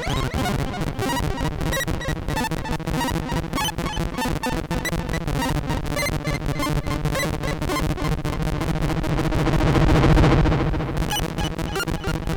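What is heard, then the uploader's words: A dense, textured electronic soundscape of rhythmic noise, with rapid regular clicks and bursts running throughout over a thick low rumble. Around ten seconds the sound swells into a louder, bright washing roar before the clicking pattern resumes, busy to the end. This track aimed to go from a simple sine wave to textured soundscapes and rhythmic noise.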